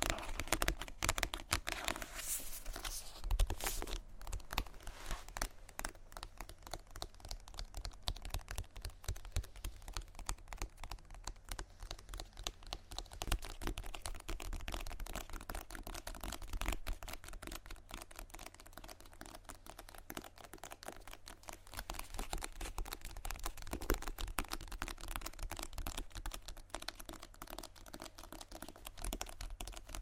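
Rapid, dense tapping on random objects continues throughout, crisp clicky hits with a low thudding undertone, busiest in the first few seconds.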